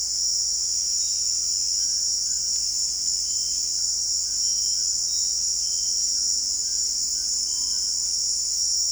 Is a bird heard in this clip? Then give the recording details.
yes. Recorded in dense forest near Puerto Asís, Putumayo, Colombia, on 9 March 2025 at 17:30. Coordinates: 0.499, -76.324. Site GP03